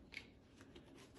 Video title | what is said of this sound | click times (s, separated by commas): African Reptiles & Venom - Snake Gaitor Protective Footwear | straps clicks | 0.2 s